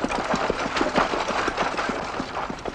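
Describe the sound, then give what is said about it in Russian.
A tractor engine working in a field chugs steadily, its rapid, regular knocking pulses running unbroken at a moderate level, with no voices over it. “На поле работает трактор и запряженные плугом лошади.”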